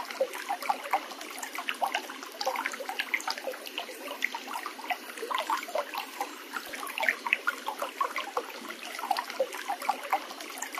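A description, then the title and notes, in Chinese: A mountain spring trickles and bubbles steadily, with a dense stream of quick, bright plinks and gurgles throughout. The water sounds light, with no low rumble, and the flow stays even from start to finish. 静净冷泉流过身体的响动。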